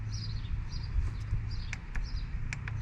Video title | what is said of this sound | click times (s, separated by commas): Dorman thermostat installation on a Pentastar 3.6 V6 - Error Code P0128. (All aluminum) | There we go. Got our click. | 2.5 s